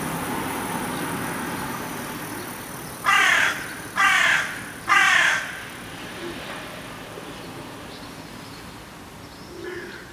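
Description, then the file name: Carrion crow giving three harsh, hoarse caws about a second apart, followed by quiet. "Corvus corone"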